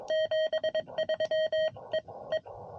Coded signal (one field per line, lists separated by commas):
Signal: Morse code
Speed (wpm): 22 wpm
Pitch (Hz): 1900 Hz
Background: none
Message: 73 E E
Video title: CW POTA Activates Secret Agent